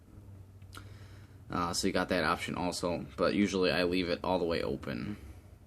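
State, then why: Not seated. The metal airflow control ring on the rebuildable base of a Rage 3 in 1 vape tank is handled, with two faint short ticks near 0.6 s and 0.8 s before someone talks from about 1.5 s onward. The ring is being set toward the fully open position, but nothing has clicked or seated into place yet.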